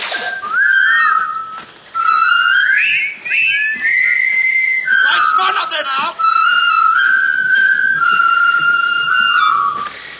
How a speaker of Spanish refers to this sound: ¿Cuántas veces hemos escuchado esta melodía y la hemos silbado? Bueno, en 1957, el 2 de octubre, en el Reino Unido, se estrenó El Puente sobre el Río Kwai, The Bridge Over the River Kwai